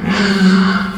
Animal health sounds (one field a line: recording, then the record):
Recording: squeal of a Yucatan mini pig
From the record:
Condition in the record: after surgery on the right vocal fold (resection and tissue-engineered implant)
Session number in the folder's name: 16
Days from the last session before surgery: 183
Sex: female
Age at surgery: 19 weeks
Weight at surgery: 25 kg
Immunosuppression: prednisolone